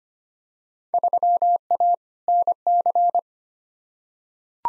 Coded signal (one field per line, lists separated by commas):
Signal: Morse code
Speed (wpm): 25 wpm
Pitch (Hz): 700 Hz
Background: none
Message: 3A NC